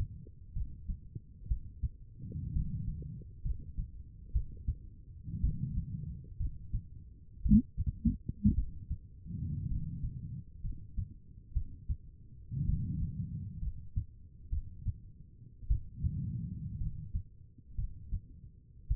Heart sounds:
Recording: heart sounds by stethoscope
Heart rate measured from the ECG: 59 bpm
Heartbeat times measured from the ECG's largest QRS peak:
0.54 s: heartbeat
1.49 s: heartbeat
2.54 s: heartbeat
3.43 s: heartbeat
4.33 s: heartbeat
5.41 s: heartbeat
6.38 s: heartbeat
7.43 s: heartbeat
8.55 s: heartbeat
9.69 s: heartbeat
10.62 s: heartbeat
11.54 s: heartbeat
12.66 s: heartbeat
13.60 s: heartbeat
14.50 s: heartbeat
15.68 s: heartbeat
16.78 s: heartbeat
17.76 s: heartbeat
18.88 s: heartbeat
From the record:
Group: healthy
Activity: rest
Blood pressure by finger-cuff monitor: 94/59 mmHg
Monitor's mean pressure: 68 mmHg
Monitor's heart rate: 61 bpm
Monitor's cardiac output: 4.6 L/min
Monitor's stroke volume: 78 mL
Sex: female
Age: 36 years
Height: 163 cm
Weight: 88 kg

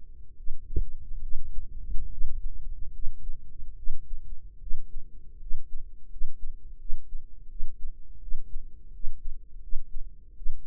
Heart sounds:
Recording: heart sounds by microphone in the right ear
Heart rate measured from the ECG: 78 bpm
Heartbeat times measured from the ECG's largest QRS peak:
0.34 s: heartbeat
1.19 s: heartbeat
2.07 s: heartbeat
2.90 s: heartbeat
3.74 s: heartbeat
4.57 s: heartbeat
5.37 s: heartbeat
6.07 s: heartbeat
6.76 s: heartbeat
7.46 s: heartbeat
8.18 s: heartbeat
8.90 s: heartbeat
9.59 s: heartbeat
10.33 s: heartbeat
From the record:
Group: healthy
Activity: cold pressor test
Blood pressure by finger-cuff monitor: 113/65 mmHg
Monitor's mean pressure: 82 mmHg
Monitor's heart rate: 76 bpm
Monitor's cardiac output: 7.1 L/min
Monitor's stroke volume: 91 mL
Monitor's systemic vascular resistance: 850 dyn s/cm5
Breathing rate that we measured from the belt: 18 breaths a minute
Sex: female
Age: 23 years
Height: 160 cm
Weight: 50.4 kg

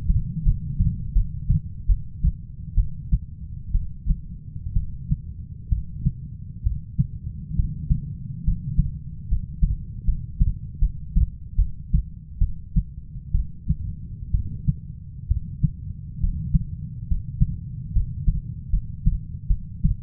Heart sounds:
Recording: heart sounds by stethoscope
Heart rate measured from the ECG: 69 bpm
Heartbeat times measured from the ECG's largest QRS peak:
0.43 s: heartbeat
1.13 s: heartbeat
1.86 s: heartbeat
2.75 s: heartbeat
3.72 s: heartbeat
4.73 s: heartbeat
5.69 s: heartbeat
6.63 s: heartbeat
7.56 s: heartbeat
8.44 s: heartbeat
9.28 s: heartbeat
10.05 s: heartbeat
10.79 s: heartbeat
11.56 s: heartbeat
12.39 s: heartbeat
13.32 s: heartbeat
14.31 s: heartbeat
15.28 s: heartbeat
16.20 s: heartbeat
17.07 s: heartbeat
17.93 s: heartbeat
18.70 s: heartbeat
19.47 s: heartbeat
From the record:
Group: healthy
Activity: rest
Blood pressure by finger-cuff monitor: 144/68 mmHg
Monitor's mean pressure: 93 mmHg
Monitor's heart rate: 68 bpm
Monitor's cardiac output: 6.6 L/min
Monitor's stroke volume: 96 mL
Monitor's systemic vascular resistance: 1030 dyn s/cm5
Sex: female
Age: 37 years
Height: 168 cm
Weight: 70 kg

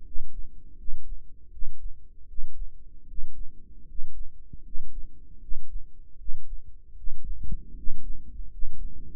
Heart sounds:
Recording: heart sounds by microphone in the right ear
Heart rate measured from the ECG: 78 bpm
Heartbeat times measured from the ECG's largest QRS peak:
0.04 s: heartbeat
0.77 s: heartbeat
1.50 s: heartbeat
2.27 s: heartbeat
3.06 s: heartbeat
3.86 s: heartbeat
4.63 s: heartbeat
5.40 s: heartbeat
6.17 s: heartbeat
6.95 s: heartbeat
7.75 s: heartbeat
8.49 s: heartbeat
From the record:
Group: healthy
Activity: rest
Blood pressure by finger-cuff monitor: 104/70 mmHg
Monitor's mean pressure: 77 mmHg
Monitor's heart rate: 79 bpm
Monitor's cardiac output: 6.2 L/min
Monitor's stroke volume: 79 mL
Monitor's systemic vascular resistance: 900 dyn s/cm5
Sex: male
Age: 35 years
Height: 180 cm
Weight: 86.9 kg

